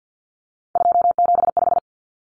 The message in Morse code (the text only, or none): 275